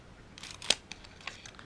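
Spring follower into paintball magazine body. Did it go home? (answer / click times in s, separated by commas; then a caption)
yes / 0.7 s. A spring follower in a Tippmann 12-round paintball magazine is pressed down with a large screwdriver until it locks into the plastic magazine body. A soft scraping rustle leads into a sharp, loud click at 0.7 s as the follower seats, followed by fainter ticks around 0.9 s and 1.3 s. The follower is locked down in place.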